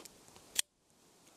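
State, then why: Seated. An underwater camera is pushed into the plastic insert of a Water Wolf bottom fishing kit. Faint light ticks come first, then a sharp, bright click at 0.6 s, followed by near silence. The camera snaps home and is seated in place.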